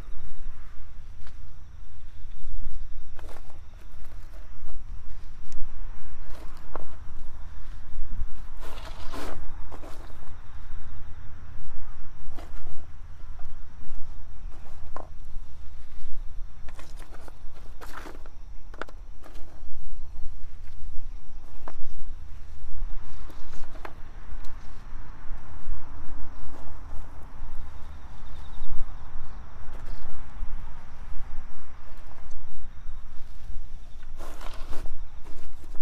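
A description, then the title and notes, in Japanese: Garlic is planted outdoors in autumn: holes are made, cloves dropped in one by one, then soil is pushed over them, heard as scattered scraping and thudding bursts every few seconds. Insects and birds call, and a steady low rumble of passing traffic runs underneath. 秋の、日が暮れ始めた16時過ぎ、ニンニクの定植。台風が南遠くから近づいてきている。曇り空の空気の少し重たい夕暮れ。穴あきマルチに棒で穴を開け、1片ずつニンニクを入れたあと、土をかけていく。虫や鳥が鳴き、遠くで車が行き交い電車が時折通る。秋の夕方 ニンニクの定植。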